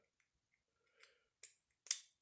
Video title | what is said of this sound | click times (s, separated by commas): Quick Pick FAIL and American Series 700 Anniversary Edition Pick and Gut | There we go. Click. Clicked right into place. | 1.9 s